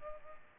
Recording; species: mosquito wingbeat signal from an infrared sensor; Culex pipiens